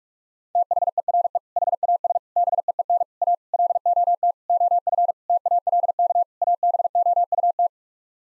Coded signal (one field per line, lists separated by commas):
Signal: Morse code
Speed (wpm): 46 wpm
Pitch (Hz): 700 Hz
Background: none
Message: THERE HAS BEEN A LOT OF TALK ABOUT